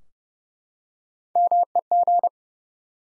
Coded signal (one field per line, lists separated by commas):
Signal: Morse code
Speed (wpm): 28 wpm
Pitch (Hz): 700 Hz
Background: none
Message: MEG